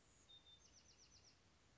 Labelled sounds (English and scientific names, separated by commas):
Bewick's Wren (Thryomanes bewickii)